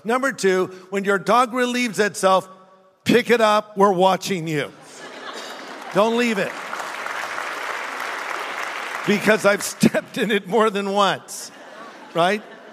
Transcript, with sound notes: Number two, when your dog relieves itself, pick it up. We're watching you. [Laughter] Don't leave it. [Applause] Because I've stepped in it more than once, right?